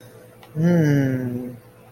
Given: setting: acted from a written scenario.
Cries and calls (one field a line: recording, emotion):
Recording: vocal sound without words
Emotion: desire